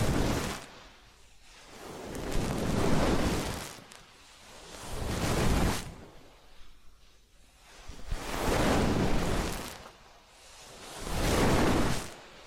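Massage or ear-cleaning rubbing comes in long, muffled whooshing swells with a rough, rumbling low end and a hissy top. Each stroke rises and fades over a second or two, peaking around 3, 5.5, 9 and 11 seconds, with quieter gaps between.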